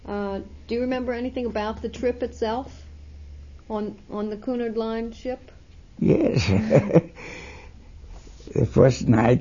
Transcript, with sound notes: Do you remember anything about the trip itself on the Cunard Line ship? (He laughs.)
The first night,